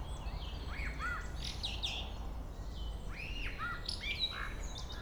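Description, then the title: Common blackbird song: mellow, slurred whistles that rise and fall, each ending in a thin high flourish, with a low background hum. Local blackbird singing at Chemin des cris, Chindrieux, France. "Chemin des cris, Chindrieux, France - Merle"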